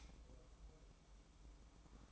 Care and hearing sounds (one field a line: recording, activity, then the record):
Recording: daily activity, microphone in the room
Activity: light off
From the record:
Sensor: 1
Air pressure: 1007.9 hPa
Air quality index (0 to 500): 122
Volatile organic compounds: 2 ppm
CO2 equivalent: 1029 ppm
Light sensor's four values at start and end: 13/40/15/16 and 8/20/8/9